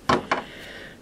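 A plastic part is popped onto a ball joint of a plastic Marvel Legends Infinite Series Captain America Winter Soldier action figure. A broadband handling burst at about 0.1 s is followed by a sharp snap at 0.3 s, then a faint fading tone. The part seats onto the ball joint.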